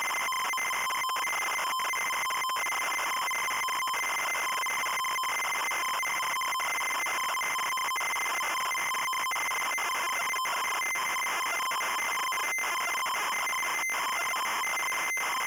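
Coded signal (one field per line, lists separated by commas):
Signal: ZX Spectrum tape loading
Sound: continuous harsh buzzing screech with a pitched whine, broken by brief dropouts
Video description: Loading and short gameplay introduce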